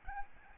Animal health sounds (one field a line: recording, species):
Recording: mosquito wingbeat signal from an infrared sensor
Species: Aedes albopictus